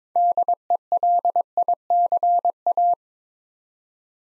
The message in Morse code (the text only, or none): DELICA